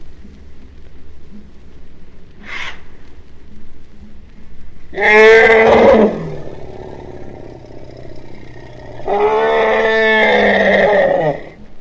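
Asian elephant trumpet calls: a short squeak, then a loud, brassy blast of about one second, and later a longer, harsh trumpeting lasting over two seconds.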